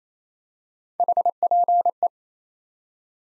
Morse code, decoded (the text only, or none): HPE